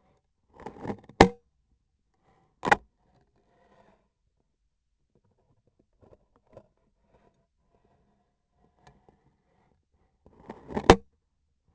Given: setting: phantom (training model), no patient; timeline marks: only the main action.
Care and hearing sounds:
laparoscopic instrument, vibration sensor on the handle end; scissors
0.41-1.53 s: cutting foam
10.18-11.22 s: cutting foam
From the record:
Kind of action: gesture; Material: foam

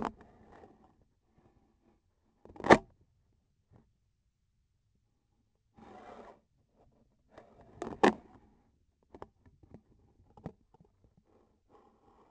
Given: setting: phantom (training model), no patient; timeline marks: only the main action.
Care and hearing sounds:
laparoscopic instrument, vibration sensor on the handle end; scissors
2.38-2.96 s: cutting PTFE tape
From the record:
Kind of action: gesture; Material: PTFE tape

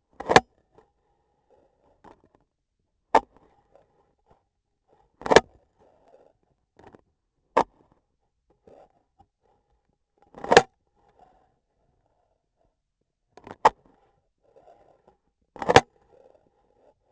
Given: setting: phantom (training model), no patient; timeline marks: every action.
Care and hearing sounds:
laparoscopic instrument, vibration sensor on the handle end; scissors
0.14-0.56 s: cutting foam
3.03-3.31 s: scissors opening
5.14-5.64 s: cutting foam
7.32-8.16 s: scissors opening
10.09-10.78 s: cutting foam
13.23-14.28 s: scissors opening
15.47-16.00 s: cutting foam
From the record:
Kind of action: gesture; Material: foam

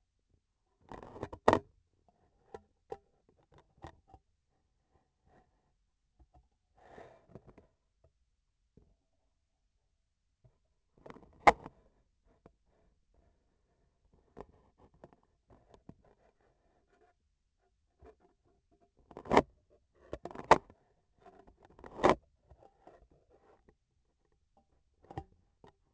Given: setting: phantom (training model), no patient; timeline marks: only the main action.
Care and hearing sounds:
laparoscopic instrument, vibration sensor on the handle end; scissors
0.61-1.79 s: cutting thread
21.14-22.29 s: cutting thread
From the record:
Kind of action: gesture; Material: cotton thread

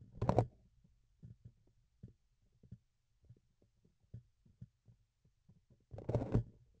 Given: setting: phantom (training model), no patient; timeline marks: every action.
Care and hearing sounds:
laparoscopic instrument, vibration sensor on the handle end; grasping forceps
0.00-0.68 s: forceps closing
5.86-6.70 s: forceps opening
From the record:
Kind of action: tool actuation without material contact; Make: other than Olympus

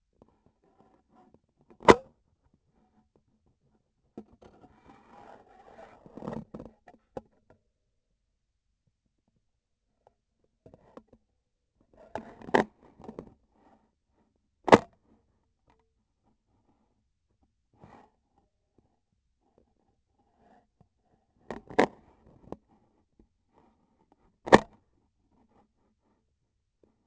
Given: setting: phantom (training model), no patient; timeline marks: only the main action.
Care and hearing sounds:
laparoscopic instrument, vibration sensor on the handle end; scissors
1.76-2.15 s: cutting PTFE tape
14.57-14.99 s: cutting PTFE tape
24.35-24.75 s: cutting PTFE tape
From the record:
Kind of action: gesture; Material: PTFE tape

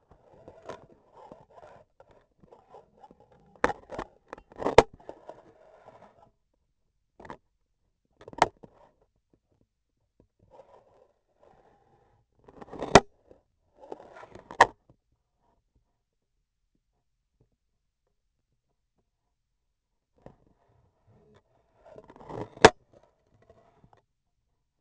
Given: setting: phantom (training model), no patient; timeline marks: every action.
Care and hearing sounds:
laparoscopic instrument, vibration sensor on the handle end; scissors
3.59-3.79 s: scissors opening
4.48-4.89 s: cutting foam
8.15-8.59 s: scissors opening
12.39-13.13 s: cutting foam
13.64-14.87 s: scissors opening
22.45-22.80 s: cutting foam
From the record:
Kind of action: gesture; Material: foam

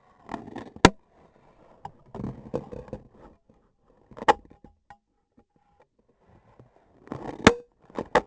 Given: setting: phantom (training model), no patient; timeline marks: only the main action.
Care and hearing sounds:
laparoscopic instrument, vibration sensor on the handle end; scissors
0.07-1.00 s: cutting foam
6.80-7.80 s: cutting foam
From the record:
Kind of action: gesture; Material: foam

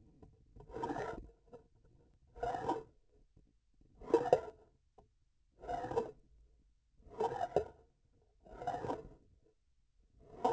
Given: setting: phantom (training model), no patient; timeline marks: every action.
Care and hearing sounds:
laparoscopic instrument, vibration sensor on the handle end; grasping forceps
0.60-1.20 s: retracting movement
2.30-2.88 s: approaching movement
3.97-4.57 s: retracting movement
5.58-6.16 s: approaching movement
7.04-7.73 s: retracting movement
8.38-9.08 s: approaching movement
10.24-10.53 s: retracting movement
From the record:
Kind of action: spatial motion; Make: Olympus

